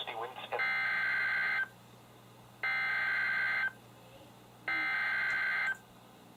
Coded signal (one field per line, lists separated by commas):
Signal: Emergency Alert System (SAME) tones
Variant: header bursts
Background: speech